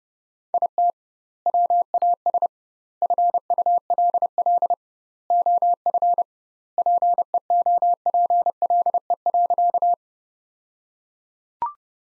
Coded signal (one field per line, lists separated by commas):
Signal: Morse code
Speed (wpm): 29 wpm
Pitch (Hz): 700 Hz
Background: none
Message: IT WAS FULL OF PEOPLE.